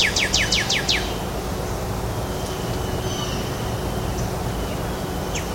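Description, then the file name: Northern cardinal song: a quick run of several loud, clear, downslurred whistles within the first second, then faint notes, over a constant low rumble. Song at Greynolds Park, Miami, USA, on 17 April 2014; recordist A. Silveira. "Cardinalis-cardinalis-song-Greynolds PK-MIA-US-17-4-14-ASilveira"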